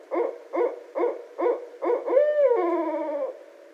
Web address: Barred Owl 2012 01 18 Barred Owl